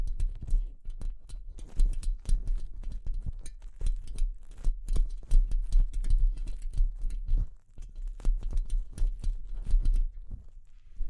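Delicate tapping, a busy run of light taps that rarely pauses, with sharp clicks reaching up bright over a steady low thump underneath. The pace is quick and uneven, with a brief gap near eight seconds and thinning toward the end.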